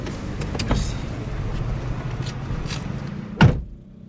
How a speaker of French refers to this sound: Elle descend. La voiture redémarre.